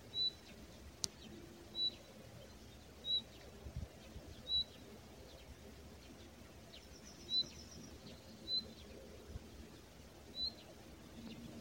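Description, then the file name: Common nightingale repeating a thin high whistle every second or two, several times, with a sharp click near the start and soft background noise. "Luscinia megarhynchos"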